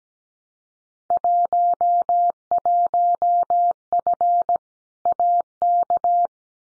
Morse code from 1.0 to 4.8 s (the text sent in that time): 11F